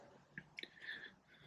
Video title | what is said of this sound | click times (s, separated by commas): 2021 Jayco Jay Flight SLX 242BHS Orientation | and then to close it you just push the tab back in till it clicks | 0.4 s